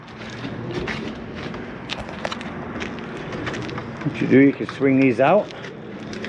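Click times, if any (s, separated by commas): none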